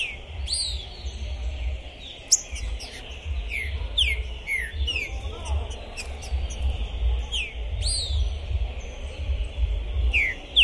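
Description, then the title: Green-winged saltator song: loud, slurred whistles sweeping downward, delivered in quick repeated phrases throughout, with sharp clicks and a steady low rumble underneath. Captive bird at a singing tournament entrance, warming up before a contest, chirping, singing and displaying aggressively (macheando); 2021; described as a 'Pistoleiro' bird. "ESQUENTAR Seu TRINCA Piando, Cantando E Macheando Na DISPUTA. Esse TRINCA FERRO ficou POSSUÍDO na PORTA do TORNEIO! Trinca Ferro Pistoleiro 2021!"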